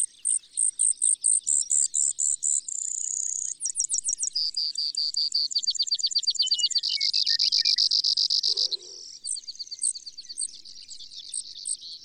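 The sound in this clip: Brewer's sparrow delivering a long, canary-like song of trills that keep changing speed and pitch, from quick pulses to dense buzzes.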